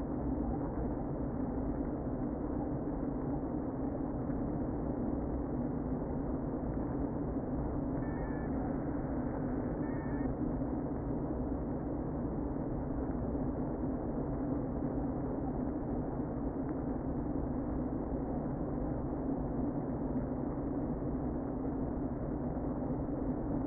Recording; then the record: honeybee colony, microphone inside the hive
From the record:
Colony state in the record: queen present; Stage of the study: before two queens were removed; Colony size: about 60,000 bees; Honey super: yes